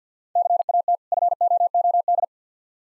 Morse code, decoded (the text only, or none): CAT FOOD